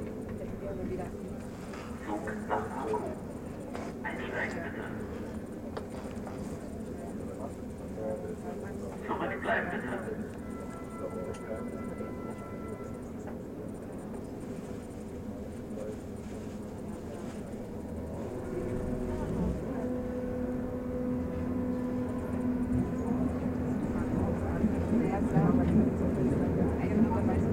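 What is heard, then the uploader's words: An accidental pocket recording inside a museum: a dense, muffled murmur of voices and rustling fills the whole half minute, dull and low as if heard through fabric. Brief brighter tones sound around five and ten seconds, and the rumble grows louder near the end. Accidental recording at Märkisches Museum. Just an accidental recording from my pocket.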